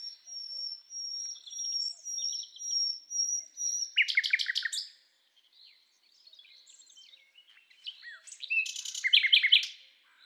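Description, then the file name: Common nightingale song: a long high thin whistle held steady, then bursts of rapid buzzy repeated notes, a pause, and another dense jumbled phrase. "Luscinia megarhynchos"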